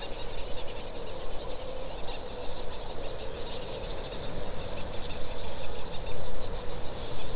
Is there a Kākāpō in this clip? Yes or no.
no